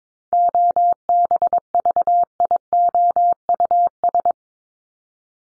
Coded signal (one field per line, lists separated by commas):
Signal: Morse code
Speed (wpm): 22 wpm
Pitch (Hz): 700 Hz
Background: none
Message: OBVIOUS